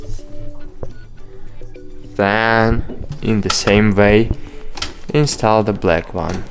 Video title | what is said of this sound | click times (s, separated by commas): How to Replace Ink Cartridges in Canon Pixma TS 3350 | until you'll hear the click | 0.8 s